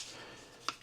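A detachable plastic controller is attached to the side rail of a handheld game console. After a quiet stretch, a single sharp snap at 0.7 s marks it popping into place. The controller is seated, held magnetically rather than slid on.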